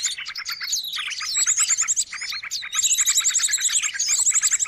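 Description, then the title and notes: Birds: bird calls crowd together, with rhythmic pulsed chips, swooping whistles and, in the second half, long runs of high rapid trills. Many noisy birds calling together, used as a lure (pikat) for catching birds. "Master Burung Ribut Durasi Panjang. Burung Ribut Pikat"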